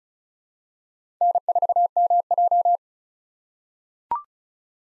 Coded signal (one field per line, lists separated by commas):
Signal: Morse code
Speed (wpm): 34 wpm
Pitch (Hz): 700 Hz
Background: none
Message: N4MJ